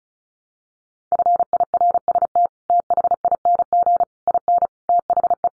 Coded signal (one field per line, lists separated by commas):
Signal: Morse code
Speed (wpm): 34 wpm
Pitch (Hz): 700 Hz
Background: none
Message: FIRST THING IN THE